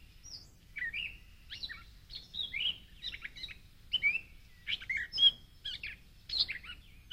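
Gray catbird singing a rambling series of mewing, squeaky and chattering notes, each phrase different, delivered steadily over quiet low background hiss.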